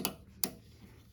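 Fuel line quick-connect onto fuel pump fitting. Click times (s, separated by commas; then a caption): 0.4 s. On a ZX6R, a fuel line quick-connect is pushed up onto the fuel pump fitting without force. A light tick sounds near the start, then a sharper, louder click at 0.4 s as the coupling snaps into place and seats.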